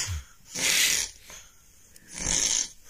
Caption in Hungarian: Ő is felvette a párját, ő így horkol. Ez fuldoklik.